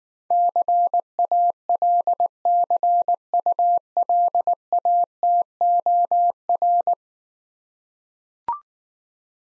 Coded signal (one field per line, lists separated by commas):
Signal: Morse code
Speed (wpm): 19 wpm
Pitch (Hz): 700 Hz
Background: none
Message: CALCULATOR